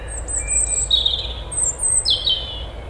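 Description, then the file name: European robin song: long, thin, very high drawn-out whistles, one dropping sharply in pitch, with a faint low hum beneath. "Erithacus rubecula"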